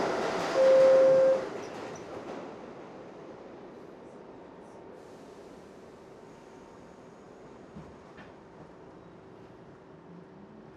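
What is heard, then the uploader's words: A subway train runs with a steady low rumble. In the first second or two a loud, bright rushing roar swells and then fades. A faint high whine and a few soft clicks ride over the drone until the end. Subway, 3 Stops, NYC To Bronx.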